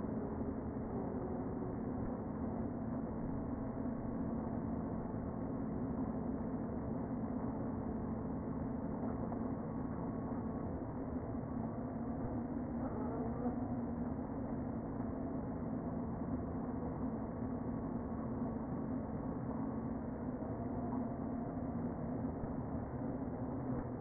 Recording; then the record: honeybee colony, microphone inside the hive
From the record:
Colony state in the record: queen present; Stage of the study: before two queens were removed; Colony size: about 60,000 bees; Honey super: yes